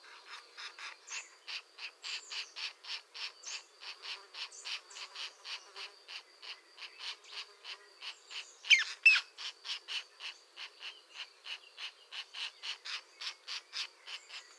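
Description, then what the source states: European green woodpecker, a steady run of sharp dry knocks about three per second, with a louder burst after the middle. A pair active at the nest.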